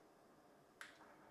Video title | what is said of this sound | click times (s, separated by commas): How To Change The Strap On The Apple Watch | you hear a click and it wiggles in. | 0.8 s